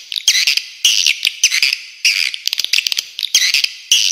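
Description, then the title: High swiftlet twitters in short bursts, each a cluster of chirps and clicks, repeated at an uneven quick pace. Clean, clear calls. "Suara Walet Original Bersih Plus Jernih"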